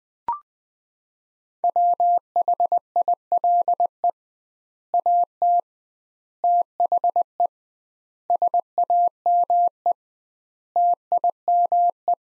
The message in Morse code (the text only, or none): WHILE AT THE SAME TIME